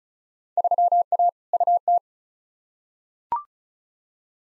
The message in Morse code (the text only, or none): 3A UT